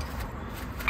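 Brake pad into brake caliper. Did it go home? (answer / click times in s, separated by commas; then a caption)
no / none. A new brake pad is handled at the brake caliper of a Dacia Sandero 0.9 TCe, with low background rumble and a brief brighter tap near 0.9 s. The pad is about to clip into the caliper, but nothing has seated or clicked yet.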